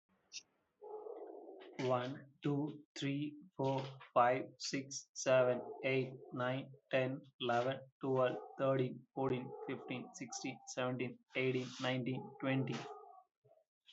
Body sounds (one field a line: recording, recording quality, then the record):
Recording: counting at a normal pace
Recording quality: excellent, no background noise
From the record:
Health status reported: healthy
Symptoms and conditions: none ticked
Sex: male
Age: 30 years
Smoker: not ticked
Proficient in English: yes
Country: India